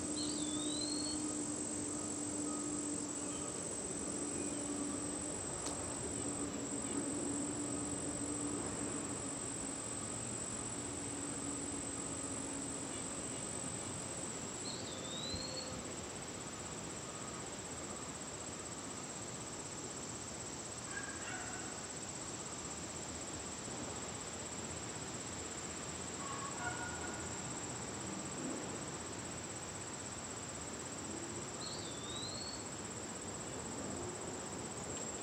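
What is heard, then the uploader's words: Dusk outdoors in the Catskills, with a train rumbling far off under a steady, dense wash of insects that holds a high, unbroken whine throughout. A short rising bird call repeats three times, near the start, middle and end, over a low continuous drone. Catskills, Outdoor Dusk, Train In Distance by Bandeto.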